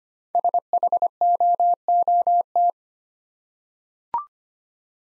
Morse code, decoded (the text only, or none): SHOOT